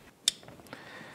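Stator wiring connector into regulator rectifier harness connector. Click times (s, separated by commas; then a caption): 0.3 s. The dielectric-grease-coated stator wiring plug of a Yamaha Grizzly ATV, greased for connectivity and to keep out water and dirt, is pushed into its mating connector on the regulator rectifier harness. One sharp, bright click sounds at 0.3 s, followed by a few faint ticks and rustles. The connector is seated.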